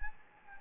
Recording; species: mosquito wingbeat signal from an infrared sensor; Anopheles gambiae